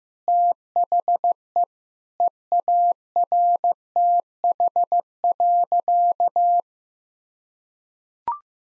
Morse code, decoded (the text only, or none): THE EARTH.